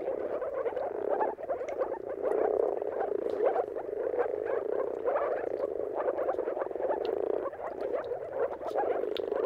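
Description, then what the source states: Chorus of moor frogs giving muffled, bubbling mating calls, many overlapping into a constant gurgling drone. Chorus of moor frogs giving mating calls at sunrise at the turn of March and April, timing depending on the weather.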